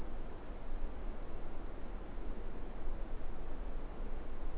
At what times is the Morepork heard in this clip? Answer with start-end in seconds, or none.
none